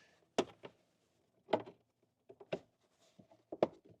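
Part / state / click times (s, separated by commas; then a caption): cabin air filter cover into housing clips / seated / 0.4 s, 3.6 s. A plastic cabin air filter cover on a Fisker Ocean is placed into the two side clips of its housing and pressed until it snaps into place. A series of sharp plastic clicks and knocks is heard, with the cover snapping into the clips at 0.4 s and 3.6 s. The cover is seated.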